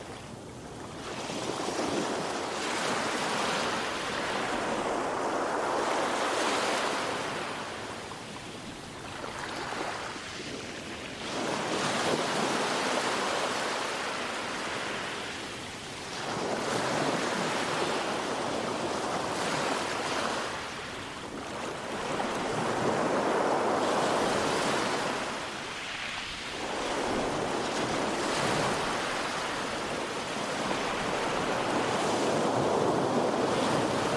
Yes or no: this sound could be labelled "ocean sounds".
yes